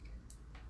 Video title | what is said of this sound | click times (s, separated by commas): Friday Catch Up 7th May 2021 - No Sew Fastenings | and yeah that snap is so pleasing | 0.3 s